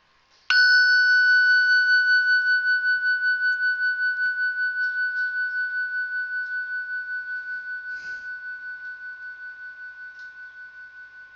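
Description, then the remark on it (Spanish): A single meditation bell is struck once during a guided meditation and rings out with a bright, layered metallic tone, its shimmering resonance slowly fading over about ten seconds with a gentle pulsing waver. “Ahora va a sonar una campanilla de meditación.”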